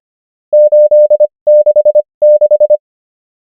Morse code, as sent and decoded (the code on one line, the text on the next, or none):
---.. -.... -....
866